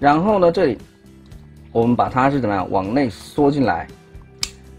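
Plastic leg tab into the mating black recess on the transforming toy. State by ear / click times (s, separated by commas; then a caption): seated / 4.4 s. Someone talks over background music while transforming a plastic Transformers Legacy Evolution Deluxe Class Shrapnel figure, folding the leg part inward. At 4.4 s a single sharp, short click is heard as the plastic leg tab, a black peg, snaps into its mating black recess, seating the leg.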